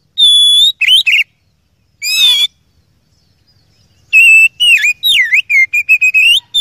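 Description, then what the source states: Oriental magpie-robin song: strong whistled notes and wavering phrases, a pause, then a fast string of rising and falling whistles. Indonesian songbird training (masteran) recording of an oriental magpie-robin, described as a first-place champion.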